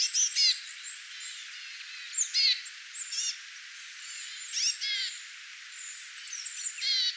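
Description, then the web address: Small birds giving scattered high calls, brief chirps and short trills every second or two, over a soft background hiss. Calls of a flock of small birds, recorded 22 August 2025. "paivat 22 8 2025 pikkulintuparven aantelya"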